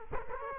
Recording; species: mosquito wingbeat signal from an infrared sensor; Culex quinquefasciatus